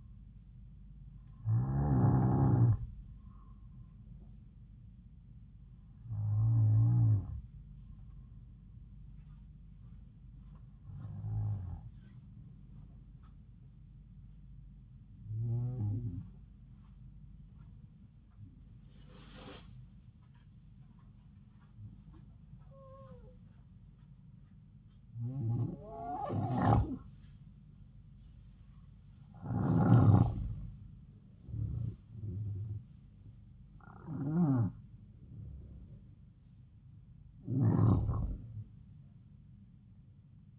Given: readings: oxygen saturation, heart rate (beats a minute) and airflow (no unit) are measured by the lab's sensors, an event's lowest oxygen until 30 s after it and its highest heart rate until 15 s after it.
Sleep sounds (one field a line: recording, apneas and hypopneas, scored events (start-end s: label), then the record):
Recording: breathing in sleep by a smartphone at the bedside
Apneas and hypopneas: 1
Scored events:
7.00-27.30 s: hypopnea (N2, oxygen 94% highest, then 91% lowest, heart rate 72 at the start, 77 highest)
From the record:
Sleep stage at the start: N2 (light sleep)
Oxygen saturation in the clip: 92 to 94%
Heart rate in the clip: 70 to 77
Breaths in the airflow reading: 10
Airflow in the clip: -5.3 to 6.4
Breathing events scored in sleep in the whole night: 270 in 6.1 hours asleep